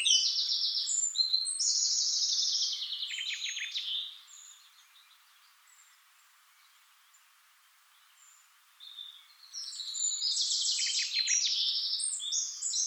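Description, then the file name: Eurasian blackcap song, a fast high warbling phrase with buzzy trills for about four seconds, a long quiet pause, then another burst of twittering warble. "Sylvia atricapilla"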